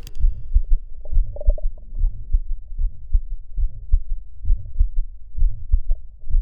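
Regular low heart sounds at about 65 beats a minute in a 22-year-old woman, with a soft, faintly musical hum between the beats. This is a Still's murmur, an innocent murmur common in healthy young people that does not signal heart disease.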